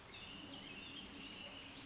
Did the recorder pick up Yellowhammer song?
no